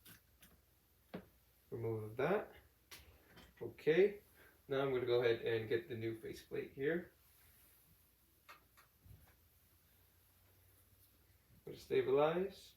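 A new plastic tracheostomy tube faceplate is picked up and lined up to stabilize it before the inner cannula is pushed into it, with a few light handling ticks around 0.1, 0.4 and 1.1 seconds. Someone talks in between. Nothing has seated or clicked yet.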